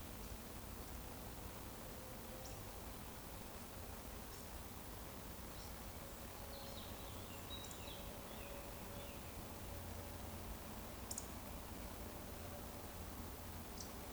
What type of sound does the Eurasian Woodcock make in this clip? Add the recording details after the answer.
whistle. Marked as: whistle, whistle, whistle, whistle, whistle, whistle. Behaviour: display flight. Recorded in Baden-Württemberg, Germany, on 24 June 2020 at 19:57 UTC. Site 14569, 102 m above sea level